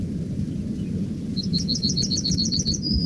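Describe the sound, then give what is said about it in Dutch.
A young yellowhammer practising its song on the Ginkelse Hei sings a rapid, evenly pulsed trill of high, bright notes that ends in a sustained, drawn-out final note, heard over a steady low rumble. “Na zijn trillertje volgt vaak een slepend geluidje en je hoort dat dat steeds beter lukt.”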